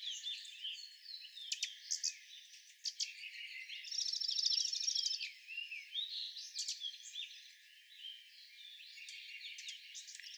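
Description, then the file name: Junco delivering a rapid, steady, high-pitched trill midway, set among a busy background of chirps and whistles from other birds. Recorded on 21 April 2011. "2011-04-21 Junco"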